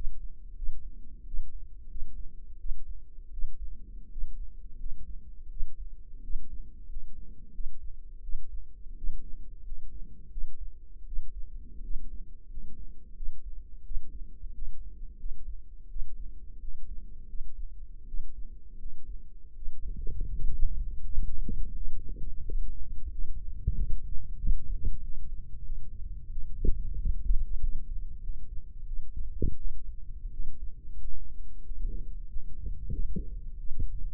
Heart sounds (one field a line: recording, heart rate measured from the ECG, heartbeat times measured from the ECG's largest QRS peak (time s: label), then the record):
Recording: heart sounds by microphone in the left ear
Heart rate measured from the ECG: 87 bpm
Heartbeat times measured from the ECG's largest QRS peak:
0.56 s: heartbeat
1.26 s: heartbeat
1.89 s: heartbeat
2.58 s: heartbeat
3.31 s: heartbeat
4.11 s: heartbeat
4.78 s: heartbeat
5.49 s: heartbeat
6.22 s: heartbeat
6.88 s: heartbeat
7.52 s: heartbeat
8.21 s: heartbeat
8.96 s: heartbeat
9.64 s: heartbeat
10.30 s: heartbeat
11.05 s: heartbeat
11.82 s: heartbeat
12.49 s: heartbeat
13.15 s: heartbeat
13.83 s: heartbeat
14.53 s: heartbeat
15.17 s: heartbeat
15.88 s: heartbeat
16.60 s: heartbeat
17.27 s: heartbeat
18.06 s: heartbeat
18.77 s: heartbeat
19.54 s: heartbeat
20.33 s: heartbeat
21.06 s: heartbeat
21.73 s: heartbeat
22.43 s: heartbeat
23.10 s: heartbeat
23.72 s: heartbeat
24.37 s: heartbeat
25.01 s: heartbeat
25.63 s: heartbeat
26.30 s: heartbeat
26.97 s: heartbeat
27.60 s: heartbeat
28.20 s: heartbeat
28.85 s: heartbeat
29.57 s: heartbeat
30.31 s: heartbeat
30.99 s: heartbeat
31.63 s: heartbeat
32.28 s: heartbeat
32.91 s: heartbeat
33.57 s: heartbeat
From the record:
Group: healthy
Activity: rest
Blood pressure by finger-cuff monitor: 104/64 mmHg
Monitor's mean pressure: 74 mmHg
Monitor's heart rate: 88 bpm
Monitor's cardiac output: 6 L/min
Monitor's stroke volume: 69 mL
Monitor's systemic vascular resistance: 880 dyn s/cm5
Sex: male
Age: 22 years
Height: 181 cm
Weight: 60 kg